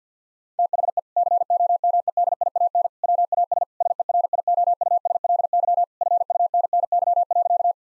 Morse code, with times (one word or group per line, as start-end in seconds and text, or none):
0.6-1.0 THE
1.2-2.9 COMEDIAN
3.0-3.6 WAS
3.8-5.8 SERIOUSLY
6.0-7.7 FUNNY.